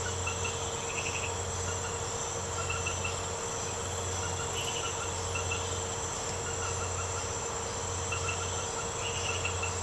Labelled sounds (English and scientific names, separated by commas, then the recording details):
none
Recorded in secondary vegetation near Puerto Asís, Putumayo, Colombia, on 24 March 2025 at 00:00
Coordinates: 0.468, -76.324
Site G059